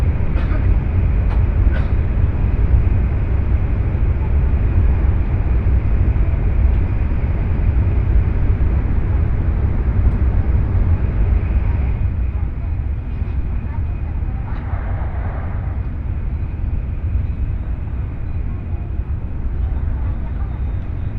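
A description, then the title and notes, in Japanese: A ride aboard a bullet train between Nagasaki and Saga, heard from inside: a dense, steady low rumble and roar of the running train fills the whole time. A few light clicks sound early on, and the roar eases slightly after the midpoint. 西九州新幹線 長崎→佐賀。西九州新幹線の全線通し、全駅停車の列車に乗って佐賀まで向かいます。開業翌日ということもあり、指定席は満席。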